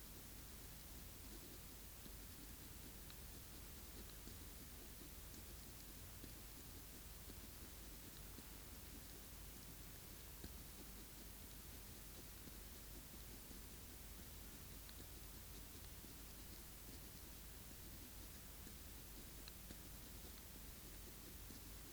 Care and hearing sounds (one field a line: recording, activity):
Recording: daily activity, guitar pickup as the sensor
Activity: write